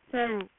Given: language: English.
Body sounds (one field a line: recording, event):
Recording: throat vibration sensor signal played as sound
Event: speech